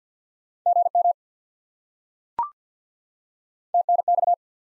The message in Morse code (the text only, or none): GM TNX